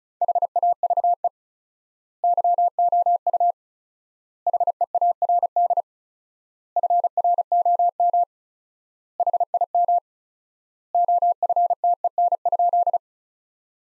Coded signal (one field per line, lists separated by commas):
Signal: Morse code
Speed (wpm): 34 wpm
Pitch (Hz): 700 Hz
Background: none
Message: HAVE YOU HEARD FROM HIM OFTEN?